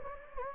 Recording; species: mosquito wingbeat signal from an infrared sensor; Anopheles gambiae